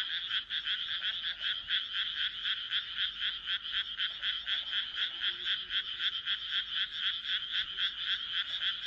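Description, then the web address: Frog croaking in rapid, regular rasping pulses, about four a second, steady and high-pitched across the whole stretch. "kaeru kaeru"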